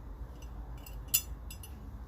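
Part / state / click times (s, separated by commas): metal retaining spring clips into a clutch throw-out bearing assembly / seated / 1.5 s, 1.6 s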